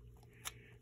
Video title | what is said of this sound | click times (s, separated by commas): Magnabelt Wonder! IBM 224 Part Two | it snaps back in place it's a little loose but there's no battery in there to hold it snug so | 0.5 s